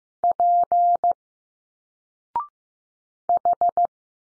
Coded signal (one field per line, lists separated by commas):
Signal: Morse code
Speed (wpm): 15 wpm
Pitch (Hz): 700 Hz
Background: none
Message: P H